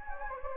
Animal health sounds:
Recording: mosquito wingbeat signal from an infrared sensor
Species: Anopheles gambiae

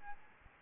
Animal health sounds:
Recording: mosquito wingbeat signal from an infrared sensor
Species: Aedes albopictus

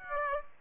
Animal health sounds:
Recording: mosquito wingbeat signal from an infrared sensor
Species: Aedes aegypti

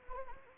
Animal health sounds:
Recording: mosquito wingbeat signal from an infrared sensor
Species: Anopheles arabiensis

